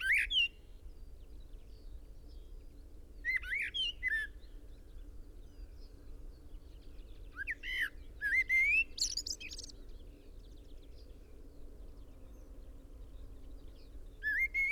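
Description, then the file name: Common blackbird delivering short bursts of warbled whistles mixed with high chattering twitters, separated by long quiet gaps, over a low steady hum. "Turdus merula"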